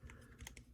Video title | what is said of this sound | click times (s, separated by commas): Transformers Earthrise Starscream Voyager Class Action Figure Review | And I don't know if we'll hear a snap or not. Yes, we do hear a snap. | 0.5 s